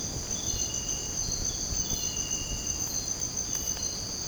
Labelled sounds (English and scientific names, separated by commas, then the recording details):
none
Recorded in secondary vegetation near Puerto Asís, Putumayo, Colombia, on 19 March 2025 at 02:30
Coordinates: 0.481, -76.318
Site G097